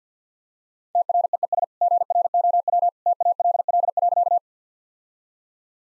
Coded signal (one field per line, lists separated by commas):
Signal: Morse code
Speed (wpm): 50 wpm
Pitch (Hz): 700 Hz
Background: none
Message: TREES GROW TALL.